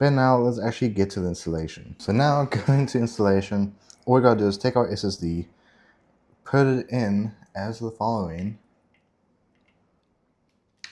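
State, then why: Seated. Someone talks, then after a quiet stretch with a few faint taps, an M.2 SSD is pushed into the connector of a toolless UGreen USB enclosure. A short, sharp click at 10.8 s marks the drive seating in the slot.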